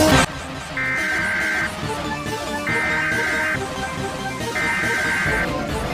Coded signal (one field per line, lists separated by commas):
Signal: Emergency Alert System (SAME) tones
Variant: header bursts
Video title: Antonio Netherite Sword Network Philippines "EAS: Raiders Thieves Attack" | 4/26/2023 (Fanmade)